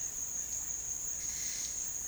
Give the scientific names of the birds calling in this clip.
none